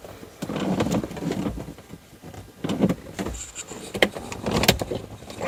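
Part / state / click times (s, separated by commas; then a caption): dash trim panel into car dashboard / seated / 4.0 s. After a wireless CarPlay adapter install, the dash trim panel or radio surround is pushed back into the car dashboard, with rustling and handling noise as it is worked into place. A sharp click at 4.0 s shows the trim panel has clipped back in and is seated.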